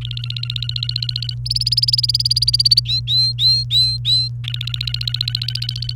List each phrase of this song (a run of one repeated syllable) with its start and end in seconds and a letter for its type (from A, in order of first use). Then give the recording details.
0.01-1.34 A, 1.46-2.80 B, 2.85-4.28 C, 4.44-5.94 A. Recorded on 28 April 2018 at 09:55. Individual llb3